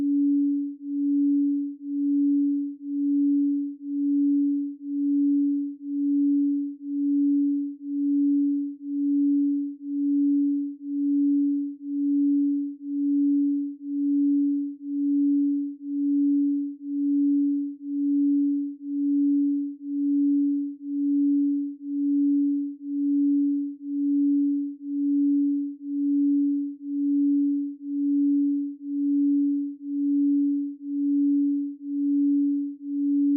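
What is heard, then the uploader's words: A 1Hz delta binaural beat built on a 285Hz tone: a single pure, low-mid hum that holds steady in pitch for the whole span. Its loudness swells and dips evenly about once per second, a slow regular throb with nothing else around it. 1Hz Delta Binaural Beat & 285Hz Frequency.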